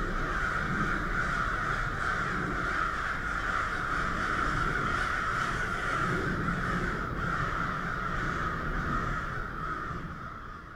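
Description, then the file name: Crows cawing in a dense, continuous chorus of harsh overlapping calls, fading slightly toward the end. "Crows And Owl"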